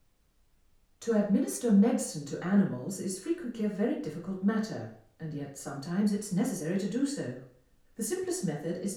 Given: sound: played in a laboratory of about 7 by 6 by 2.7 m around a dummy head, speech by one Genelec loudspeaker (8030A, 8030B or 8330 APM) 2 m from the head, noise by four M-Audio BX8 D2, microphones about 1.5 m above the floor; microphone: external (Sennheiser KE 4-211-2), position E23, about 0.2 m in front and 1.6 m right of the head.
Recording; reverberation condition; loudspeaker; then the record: female speech in English; medium; behind (180 degrees)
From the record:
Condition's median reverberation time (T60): about 510 ms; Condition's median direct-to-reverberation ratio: about -0.5 dB